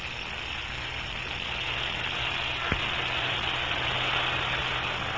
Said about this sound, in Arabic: ما ذاك؟ يبدو أنه صوت سيارة، أتوقع أن يكون سائقكما قد أخذ إحدى الخادمات إلى رحلة استمتاع خلوية.